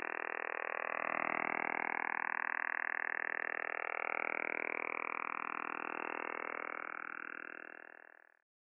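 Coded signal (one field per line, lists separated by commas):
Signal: radar signal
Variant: Kontayner over-the-horizon radar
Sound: continuous rapid buzzing rasp, fast regular pulses filling the audio band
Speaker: container transmits between 6.1 and 32 megahertz at all times of the day so the next time you're monitoring the HF bands be sure to listen out and remember it's not the woodpecker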